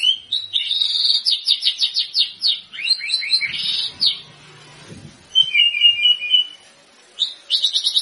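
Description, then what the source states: White-rumped shama song: fast pulsed trills and chattering phrases, a short pause, then a flat whistled note and another quick burst of trilled notes. Lure sound of a constantly singing white-rumped shama, meant to provoke a response from birds that hear it.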